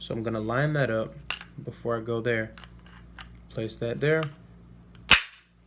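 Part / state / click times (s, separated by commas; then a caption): gas tube/handguard assembly into rifle receiver / seated / 5.1 s. Someone talks while reassembling an AK rifle, lining up the moving lever and placing the metal gas tube and upper handguard assembly onto the rifle receiver. A single sharp metallic snap sounds at 5.1 s as the assembly snaps into place and is seated.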